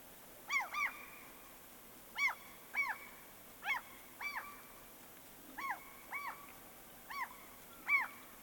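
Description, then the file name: Gulls calling in repeated nasal yelps, often doubled, over faint background noise. A flock of seagulls passing. "Digiffects Sound Effects Library - Flock of Seagulls Passing"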